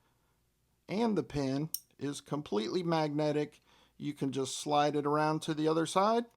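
A removable, fully magnetic thumb stud pin from a Winderblade Severn EDC folding knife is handled and moved to the other side of the blade, toward its hole, while someone talks throughout. Nothing has seated or clicked yet; the clip ends before the pin goes home.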